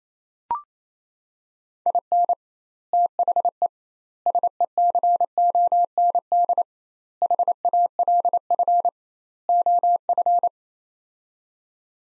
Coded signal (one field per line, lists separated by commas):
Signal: Morse code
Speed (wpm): 28 wpm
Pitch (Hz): 700 Hz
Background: none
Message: IN THE SECOND HALF OF